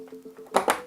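A second RAM stick is pushed into its motherboard memory slot under quiet background music. Two sharp clicks ring out at 0.6 s and 0.7 s as the module seats fully in the slot.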